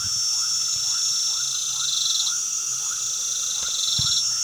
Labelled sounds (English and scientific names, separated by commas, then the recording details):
none
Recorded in pastures near Puerto Asís, Putumayo, Colombia, on 12 March 2025 at 20:00
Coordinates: 0.497, -76.327
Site G072